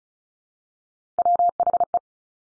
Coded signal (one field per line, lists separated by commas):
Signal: Morse code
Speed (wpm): 36 wpm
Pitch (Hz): 700 Hz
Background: none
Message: WHE